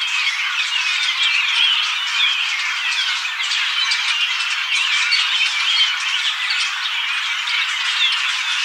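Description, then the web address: Japanese grosbeaks chattering together, a steady wash of overlapping squeaky and twittering calls with no gaps throughout. "birdenaga ikaru"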